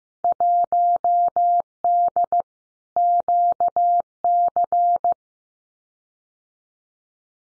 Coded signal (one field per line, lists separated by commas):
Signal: Morse code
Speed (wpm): 15 wpm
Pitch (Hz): 700 Hz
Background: none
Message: 1D QC